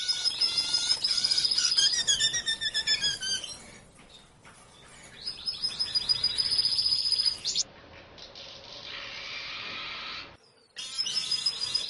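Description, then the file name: Diamond firetail giving squeaky chirping song in fast repeated bursts, broken by quiet stretches, the second with a steady hiss, before the chirping resumes. "canto do diamante sparrow"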